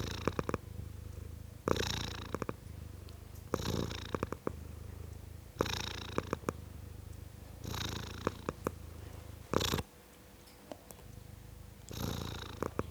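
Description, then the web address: Cat purring, a steady low rumble broken by louder bursts about every two seconds, with brief clicking sounds between. Tom cat purring. "BBC Sound Effects Library. Tom Cat, Purring"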